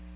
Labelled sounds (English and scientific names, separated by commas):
Magnolia Warbler (Setophaga magnolia) flight call